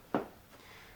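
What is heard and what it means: An ASUS GTX 1060 graphics card is lined up with the PCIe x16 slot on a motherboard and pushed gently down until the slot's retention clip clicks. A single sharp click sounds at 0.2 s and decays quickly into a quiet background. The card is seated and secured.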